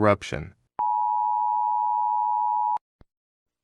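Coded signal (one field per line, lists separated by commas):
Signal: Emergency Alert System (SAME) tones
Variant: 853 and 960 Hz attention tone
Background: speech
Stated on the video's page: Fictional EAS scenario.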